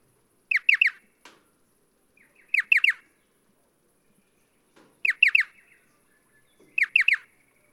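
Striated pardalote producing sharp, quick three-note calls four times, separated by short pauses, in an otherwise quiet setting.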